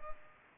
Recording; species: mosquito wingbeat signal from an infrared sensor; Culex pipiens